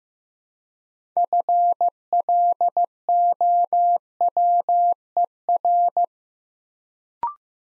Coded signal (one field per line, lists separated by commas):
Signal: Morse code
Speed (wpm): 15 wpm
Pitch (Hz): 700 Hz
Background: none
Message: FLOWER